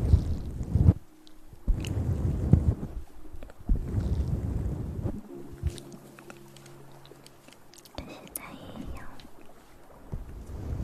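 Mouth sounds made close to the microphone: breathy, rumbling blows come in bursts through the first five seconds, then give way to a low, steady hum with a faint buzz from about five to eight seconds. Small wet clicks and pops are scattered throughout.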